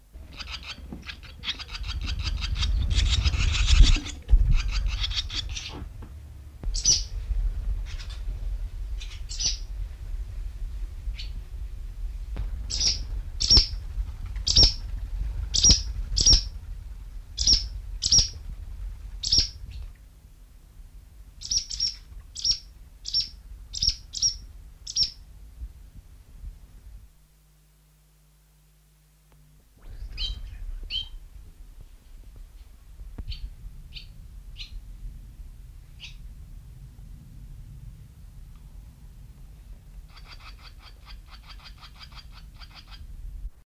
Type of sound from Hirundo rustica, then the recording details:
call. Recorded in the wild. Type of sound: call. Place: Wannseehütte, Wannsee, Berlin, DE. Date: 1970-08-15. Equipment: Halbspur, 9,5 cm/s. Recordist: Lütgens, Hans. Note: Fast flügge Junge